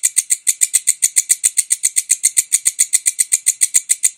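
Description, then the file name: Bush cricket sounding a quick, uniform series of shrill, buzzy pulses at a fast even pace, with no other sounds. "suara walang kecek"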